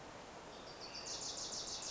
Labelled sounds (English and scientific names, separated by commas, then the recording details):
Wilson's Warbler (Cardellina pusilla)
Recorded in Sonoma County, California